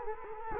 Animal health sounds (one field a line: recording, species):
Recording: mosquito wingbeat signal from an infrared sensor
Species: Culex quinquefasciatus